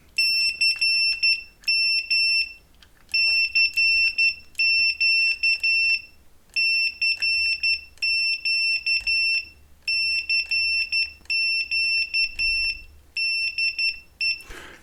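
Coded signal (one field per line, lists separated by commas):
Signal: Morse code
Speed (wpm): 11 wpm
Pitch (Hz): 2700 Hz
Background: none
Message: CM CQ CQ CQ DE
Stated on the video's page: Morse generated by the MX-K2 Morse code trainer and automatic CW memory keyer.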